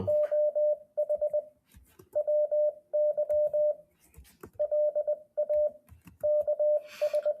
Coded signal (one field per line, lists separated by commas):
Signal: Morse code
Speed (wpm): 20 wpm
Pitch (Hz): 600 Hz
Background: radio noise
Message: OH WY LA KS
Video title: Brand New CW Trainer, Morse Runner/Ruffz Emulator